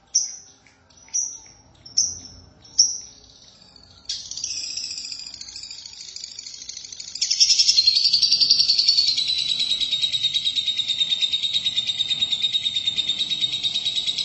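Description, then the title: Lovebird song opening with four sharp high chirps about a second apart, then breaking into a dense, rapid, buzzy chatter that carries on unbroken to the end. "BM Suara Burung Lovebird"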